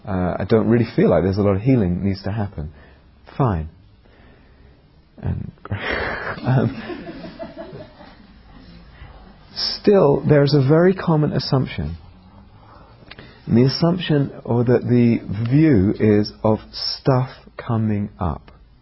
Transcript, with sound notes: I don't really feel like there's a lot of healing that needs to happen." Fine! [laughter] Still, there's a very common assumption. The assumption or the view is of stuff coming up.